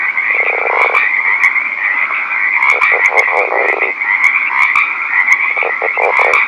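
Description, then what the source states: Northern leopard frog calling: low pulsed snoring rattles in several bursts, over a steady high buzzing chorus and a few clicks. Recorded at night.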